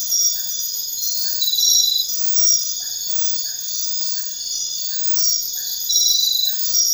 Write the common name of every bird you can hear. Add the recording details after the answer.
none. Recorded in dense forest near Puerto Asís, Putumayo, Colombia, on 19 February 2024 at 03:00. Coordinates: 0.500, -76.322. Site G6465